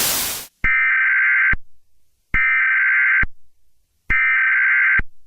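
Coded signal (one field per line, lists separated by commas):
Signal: Emergency Alert System (SAME) tones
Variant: header bursts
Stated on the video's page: Fictional meltdown scenario with evacuation.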